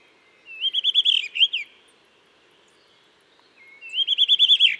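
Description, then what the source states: Blue rock thrush song: two similar phrases, each a fast series of bright, looping whistled notes, a few seconds apart. In a cliff at Dentelles de Montmirail, 12 March 2020, 7:25; sings all morning to mark territory, changing perches; Nagra Seven, Telinga Pro7.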